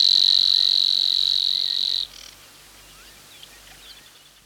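Savi's warbler song, a fast insect-like reel running for about two seconds, then cutting off abruptly into quiet with faint soft background calls.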